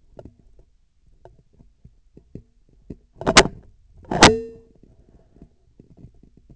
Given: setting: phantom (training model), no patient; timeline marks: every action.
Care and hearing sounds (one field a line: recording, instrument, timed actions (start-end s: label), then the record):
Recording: laparoscopic instrument, vibration sensor on the handle end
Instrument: scissors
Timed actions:
3.13-3.74 s: scissors opening
4.01-4.83 s: scissors closing
From the record:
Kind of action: tool actuation without material contact